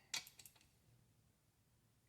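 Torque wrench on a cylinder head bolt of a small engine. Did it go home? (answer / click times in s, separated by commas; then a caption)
no / none. A click-type torque wrench tightens a cylinder head bolt toward its final torque value on a Kohler Magnum M18 small engine from a Cub Cadet 1882. A sharp tick at 0.1 s is followed by fainter ticks at about 0.3, 0.4, 0.5 and 0.6 s, then a low steady hum. The wrench has not clicked yet, so the set torque has not been reached.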